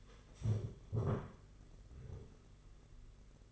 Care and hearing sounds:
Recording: daily activity, microphone in the room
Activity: stand up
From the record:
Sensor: 4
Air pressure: 992.5 hPa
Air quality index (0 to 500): 118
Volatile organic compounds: 27 ppm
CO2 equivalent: 2890 ppm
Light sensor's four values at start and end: 20/72/26/28 and 20/72/26/27

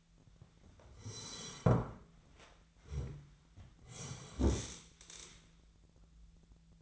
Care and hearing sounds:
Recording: daily activity, microphone in the room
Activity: sit down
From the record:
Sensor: 3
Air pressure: 1007.9 hPa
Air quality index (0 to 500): 192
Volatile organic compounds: 14 ppm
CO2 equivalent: 2456 ppm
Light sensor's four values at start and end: 12/29/12/12 and 12/29/12/12

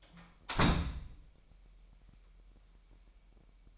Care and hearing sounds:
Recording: daily activity, microphone in the room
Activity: close door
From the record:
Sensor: 1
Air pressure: 998.4 hPa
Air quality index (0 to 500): 130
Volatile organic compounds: 4 ppm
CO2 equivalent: 1556 ppm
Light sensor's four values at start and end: 19/63/25/26 and 19/63/25/26

